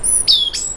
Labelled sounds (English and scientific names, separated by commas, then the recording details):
Stitchbird (Notiomystis cincta) song
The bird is a male
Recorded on Tiritiri Matangi Island, New Zealand, in 2005
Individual 12, of nest box 16